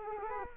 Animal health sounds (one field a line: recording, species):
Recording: mosquito wingbeat signal from an infrared sensor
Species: Culex quinquefasciatus